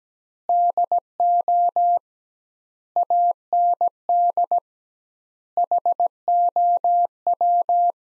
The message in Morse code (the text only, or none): DO AND HOW